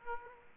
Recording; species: mosquito wingbeat signal from an infrared sensor; Aedes aegypti